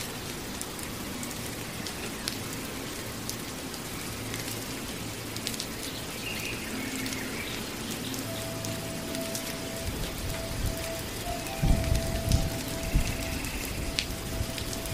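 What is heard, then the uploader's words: Tropical rainforest sounds with a steady, dense patter of rain covering the whole clip. A thin, even tone enters around eight seconds and holds to the end, and a few heavier, louder thumps and splashes break through near twelve seconds. Beautiful tropical rainforest sounds.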